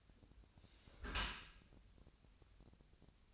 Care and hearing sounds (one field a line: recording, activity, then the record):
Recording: daily activity, microphone in the room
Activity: close dishwasher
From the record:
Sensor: 2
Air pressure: 1006.6 hPa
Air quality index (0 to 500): 202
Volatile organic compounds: 14 ppm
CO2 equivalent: 2468 ppm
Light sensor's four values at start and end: 8/21/8/9 and 8/21/8/9